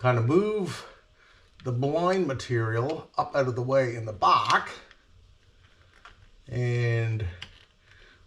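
Someone talks while moving the blind fabric up and out of the way at the back of a Mainstays cordless window shade, lining its headrail up with the wall-mounted brackets before pushing it home. A faint, brief tap comes at about 6.1 s between the talking. Nothing has snapped into the bracket yet.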